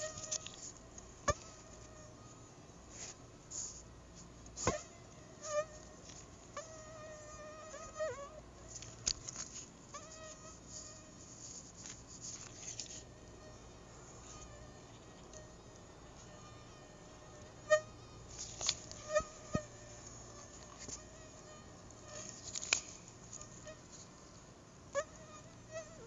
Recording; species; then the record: mosquito flight sound by mobile phone; Anopheles arabiensis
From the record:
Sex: female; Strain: Dongola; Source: CDC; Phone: Google Nexus